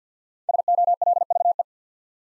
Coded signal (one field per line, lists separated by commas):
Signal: Morse code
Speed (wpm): 50 wpm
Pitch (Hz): 700 Hz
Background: none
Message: SOLVE